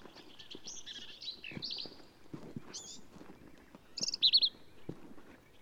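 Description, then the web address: Black-capped vireo song: high, scratchy phrases that are partly masked by clicks and rustling, ending in a louder burst of rapid chattered notes. "birdsongforthecurious Black-capped Vireo"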